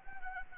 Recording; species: mosquito wingbeat signal from an infrared sensor; Anopheles arabiensis